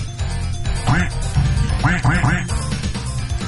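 bird, duck quacking

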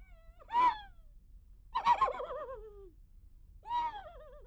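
animal, horse whinnying

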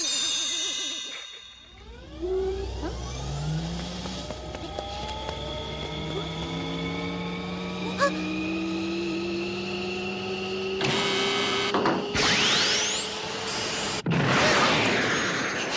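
vehicle, airplane flying overhead

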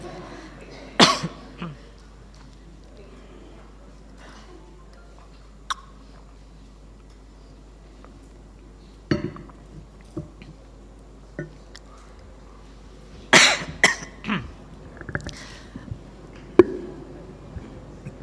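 human body sound, coughing

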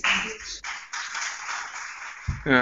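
crowd, applause

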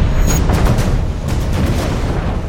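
impact, explosions

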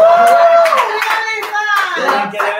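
crowd, audience applause

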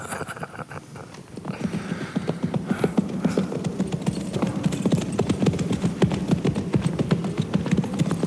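animal, horses' hooves clip-clopping

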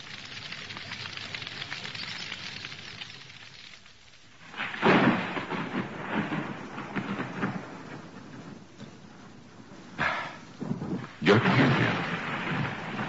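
nature, rain with thunder

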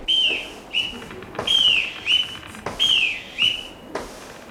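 signal or alarm, boatswain's pipe whistle

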